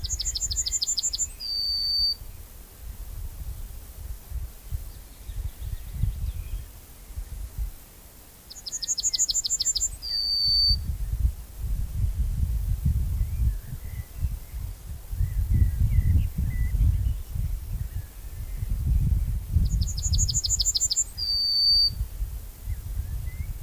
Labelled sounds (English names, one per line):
Yellowhammer song